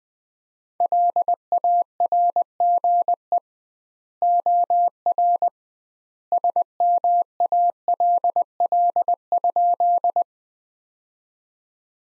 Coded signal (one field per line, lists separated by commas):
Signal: Morse code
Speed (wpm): 21 wpm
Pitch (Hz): 700 Hz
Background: none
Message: LARGE OR SMALL?